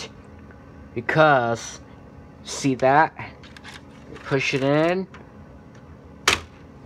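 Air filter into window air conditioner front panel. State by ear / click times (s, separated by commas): seated / 6.3 s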